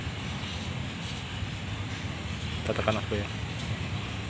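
A greased retaining part is pressed by hand into the housing of a truck brake booster during a rebuild with a repair kit, under steady low background noise. Someone talks briefly around the middle of the clip. Nothing has seated or clicked into place yet.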